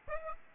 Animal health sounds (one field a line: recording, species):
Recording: mosquito wingbeat signal from an infrared sensor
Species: Aedes aegypti